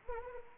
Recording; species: mosquito wingbeat signal from an infrared sensor; Anopheles arabiensis